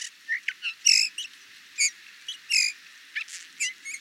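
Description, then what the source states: Eurasian bullfinch calls: clear, brief piping notes with bright overtones, spaced irregularly, some louder and some softer. Burgundy, France.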